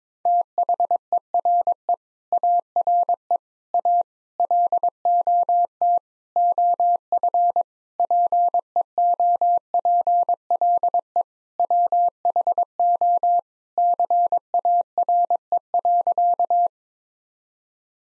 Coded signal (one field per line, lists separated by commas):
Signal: Morse code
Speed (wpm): 22 wpm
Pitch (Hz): 700 Hz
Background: none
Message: THERE ARE A LOT OF PEOPLE WHO CARE.